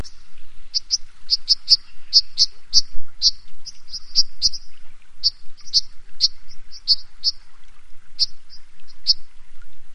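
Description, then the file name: White-throated dipper calls: short, sharp, high-pitched notes given in irregular runs, sometimes several a second, with soft low thuds in the background. "pluszcz"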